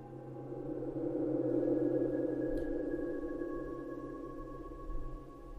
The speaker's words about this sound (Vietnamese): Ở trong không gian trống không này vang lên một trận kiếm ngâm.